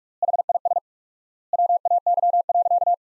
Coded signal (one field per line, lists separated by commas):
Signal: Morse code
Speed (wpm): 42 wpm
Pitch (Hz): 700 Hz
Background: none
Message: HIS WAY.